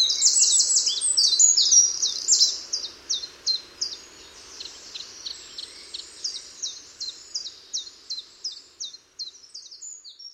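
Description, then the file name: Eurasian wren singing: a rapid, loud high trill gives way to a long series of crisp repeated notes, roughly three per second, slightly varying in pitch, with soft hiss behind. "Troglodytes troglodytes"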